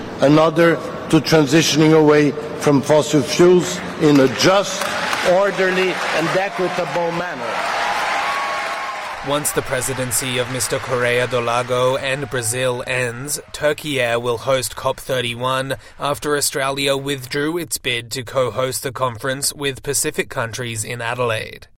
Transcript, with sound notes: another to transitioning away from fossil fuels in a just, orderly, and equitable manner." (Applause) Once the Presidency of Mr Corrêa do Lago and Brazil ends, Türkiye will host COP31, after Australia withdrew its bid to co-host the conference with Pacific countries in Adelaide.